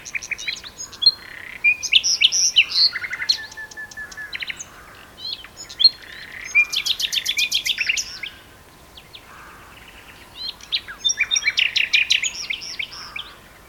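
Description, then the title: Common nightingale song in bursts: varied whistles and chirps, then rapid buzzy repeated trills, a short pause, and another fast run of loud repeated notes. Two nightingales singing in a duet on Westleton Heath. "sanderson. nightingale duet on westleton heath"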